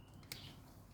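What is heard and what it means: The door of an Electrolux EWF10842 front-loading washing machine, checked for an E40 fault, is pushed fully closed after it had not been pushed all the way. Its latch goes into the door lock with a sharp click at 0.3 s, with a softer tap just before at 0.2 s, and the door is locked.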